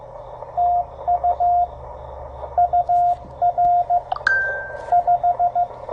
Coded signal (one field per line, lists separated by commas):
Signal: Morse code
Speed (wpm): 16 wpm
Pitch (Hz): 700 Hz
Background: radio noise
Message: TU UR 5